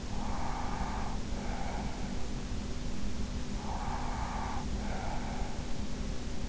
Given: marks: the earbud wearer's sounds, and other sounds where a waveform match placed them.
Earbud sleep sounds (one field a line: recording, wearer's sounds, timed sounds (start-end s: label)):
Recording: sounds in sleep by an in-ear microphone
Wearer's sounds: breath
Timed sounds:
0.12-2.12 s: breath
3.43-5.63 s: breath